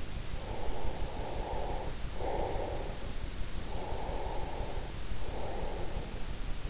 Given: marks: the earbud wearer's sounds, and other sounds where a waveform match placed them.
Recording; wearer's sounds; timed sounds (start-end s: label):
sounds in sleep by an in-ear microphone; breath
0.41-6.70 s: breath